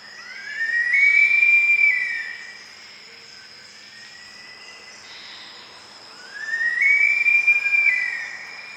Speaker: here's the song of a green-backed kingfisher on the island of Sulawesi in Indonesia.